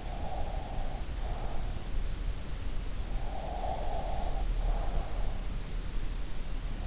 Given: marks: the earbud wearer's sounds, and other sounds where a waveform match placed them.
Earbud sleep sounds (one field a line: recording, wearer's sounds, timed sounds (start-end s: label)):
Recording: sounds in sleep by an in-ear microphone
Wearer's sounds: breath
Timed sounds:
0.00-1.55 s: breath
3.17-5.21 s: breath